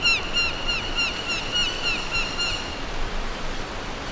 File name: orange breasted falcon